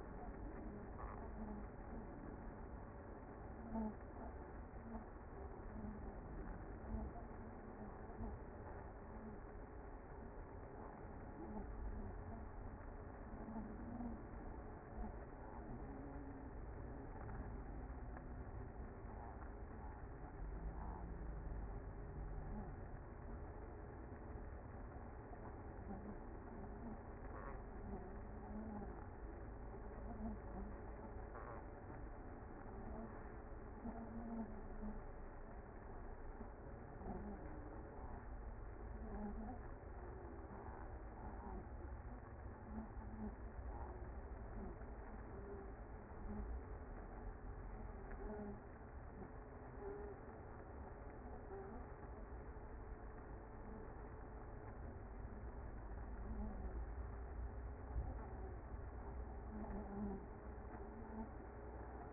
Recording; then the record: honeybee colony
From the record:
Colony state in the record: active